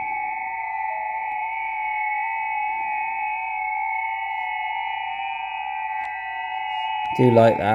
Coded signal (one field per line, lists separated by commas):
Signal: FT8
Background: speech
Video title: Iphone - SDR Control Install & Set Up